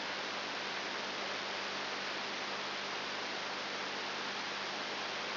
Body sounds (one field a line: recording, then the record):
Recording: brain microelectrode recording played as sound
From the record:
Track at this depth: inside the subthalamic nucleus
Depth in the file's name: 2.902 mm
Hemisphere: left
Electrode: 3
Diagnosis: Parkinson's disease